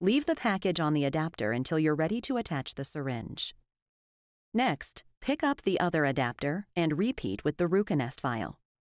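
Someone talks while a clear plastic vial adapter is handled to be pressed down onto the stopper of a second drug vial, repeating the earlier step where an adapter was pressed until it snapped into place. Nothing has seated or clicked yet by the end of the clip.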